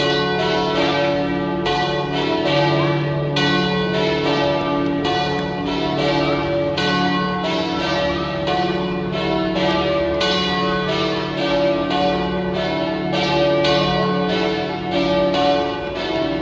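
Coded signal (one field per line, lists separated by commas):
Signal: bell signal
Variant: three bells, alla trevigiana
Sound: several church bells swinging in a full, continuous, overlapping peal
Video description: Battiore e distesa delle tre maggiori (dura circa un minuto e mezzo) delle 18:00 per la Messa prefestiva nella vigilia della solennità di Tutti i Santi, 31 ottobre 2018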